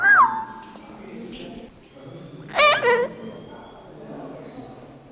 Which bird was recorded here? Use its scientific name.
Cacatua moluccensis